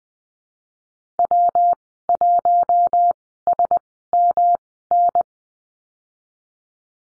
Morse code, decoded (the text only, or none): W1SMN